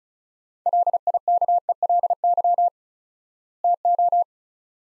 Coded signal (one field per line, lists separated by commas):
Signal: Morse code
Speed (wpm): 36 wpm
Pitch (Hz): 700 Hz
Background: none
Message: LIKELY TO